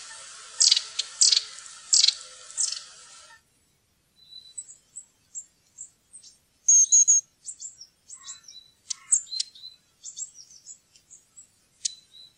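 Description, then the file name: Long-tailed tit calls: a few harsh, buzzy bursts, then scattered thin, very high notes and short trilled phrases. "stjertmeis"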